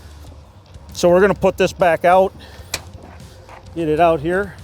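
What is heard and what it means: Someone talks while swinging the chip curtain arm of a Vermeer SC1052 stump cutter out of its rubber-strapped stowed transport position toward its working-position lock, with a brief sharp knock near 2.7 s between the phrases. Nothing has seated or clicked into the lock yet by the end of the clip.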